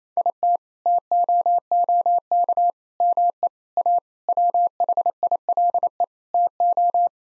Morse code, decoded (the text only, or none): IT TOOK ME A WHILE TO